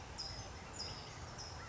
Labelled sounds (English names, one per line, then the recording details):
California Towhee
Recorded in Sonoma County, California